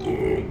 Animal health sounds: contact call of a hoofed animal; pig; closed-mouth grunt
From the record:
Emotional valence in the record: negative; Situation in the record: short social isolation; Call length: 0.51 s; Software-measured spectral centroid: 1370 Hz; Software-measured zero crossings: 950 a second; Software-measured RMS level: -24 dBFS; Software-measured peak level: -12 dBFS

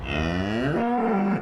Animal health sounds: contact call of a hoofed animal; cattle; low-frequency (closed-mouth) or high-frequency (open-mouth) call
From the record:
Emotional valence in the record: negative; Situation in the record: full separation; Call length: 1.42 s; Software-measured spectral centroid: 1290 Hz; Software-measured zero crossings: 1380 a second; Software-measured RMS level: -24 dBFS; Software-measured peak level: -12 dBFS

